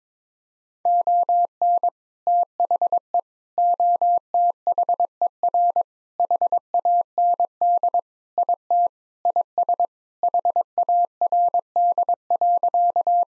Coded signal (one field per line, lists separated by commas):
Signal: Morse code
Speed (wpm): 22 wpm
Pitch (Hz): 700 Hz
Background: none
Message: ON THE OTHER HAND IT IS HARD.